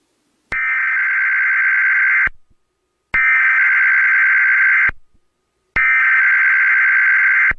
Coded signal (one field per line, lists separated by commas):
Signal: Emergency Alert System (SAME) tones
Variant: header bursts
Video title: EAS Scenario: East Coast Tsunami of 2022